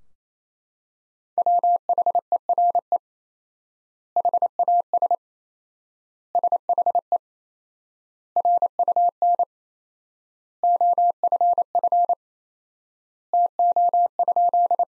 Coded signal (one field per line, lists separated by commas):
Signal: Morse code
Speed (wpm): 27 wpm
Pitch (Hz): 700 Hz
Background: none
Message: WHERE HAS SHE RUN OFF TO?